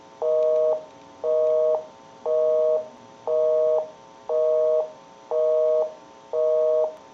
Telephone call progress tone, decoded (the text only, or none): busy tone